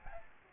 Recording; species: mosquito wingbeat signal from an infrared sensor; Aedes albopictus